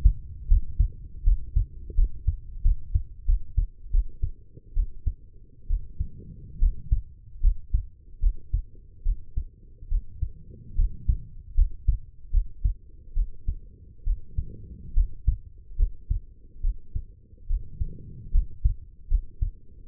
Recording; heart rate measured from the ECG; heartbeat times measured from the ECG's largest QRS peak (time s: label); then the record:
heart sounds by stethoscope; 74 bpm
0.48 s: heartbeat
1.23 s: heartbeat
1.94 s: heartbeat
2.62 s: heartbeat
3.25 s: heartbeat
3.91 s: heartbeat
4.74 s: heartbeat
5.67 s: heartbeat
6.59 s: heartbeat
7.40 s: heartbeat
8.20 s: heartbeat
9.03 s: heartbeat
9.88 s: heartbeat
10.75 s: heartbeat
11.55 s: heartbeat
12.30 s: heartbeat
13.13 s: heartbeat
14.03 s: heartbeat
14.94 s: heartbeat
15.76 s: heartbeat
16.61 s: heartbeat
17.46 s: heartbeat
18.31 s: heartbeat
19.08 s: heartbeat
19.85 s: heartbeat
From the record:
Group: healthy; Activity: rest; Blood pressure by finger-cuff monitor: 107/71 mmHg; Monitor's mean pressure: 81 mmHg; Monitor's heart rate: 73 bpm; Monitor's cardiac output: 5.7 L/min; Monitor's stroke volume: 77 mL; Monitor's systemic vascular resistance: 1020 dyn s/cm5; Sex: female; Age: 23 years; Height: 160 cm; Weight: 50.4 kg